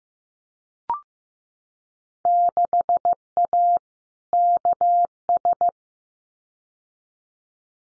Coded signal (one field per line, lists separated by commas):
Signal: Morse code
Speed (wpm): 15 wpm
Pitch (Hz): 700 Hz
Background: none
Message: 6A KS